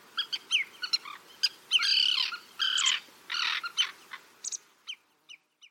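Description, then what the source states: Common Tern calls: harsh, grating notes and short sharp chips from more than one bird, some drawn-out rasping cries overlapping, quieter scattered chips toward the end. A couple of birds calling in Russia.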